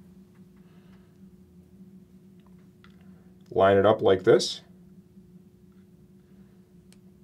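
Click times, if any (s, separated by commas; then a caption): 6.9 s. A button microphone plug for a full face helmet is lined up and pushed into the connector of a Sena Smart HJC 10B Bluetooth helmet communication unit. Someone talks briefly around 3.5–4.6 s, then after quiet the plug gives a short, sharp click at 6.9 s. The click shows it is fully engaged.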